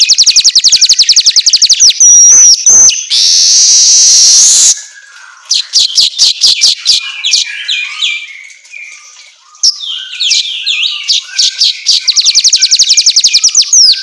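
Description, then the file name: Asian golden weaver song: fast rattling clicks, a short whistle and a hissing buzz, followed by varied scratchy chatter and another rapid rattle. Meant for training songbirds to sing vigorously ('auto gacor'). "Suara Kicau Manyar Kepala Emas Auto Gacor"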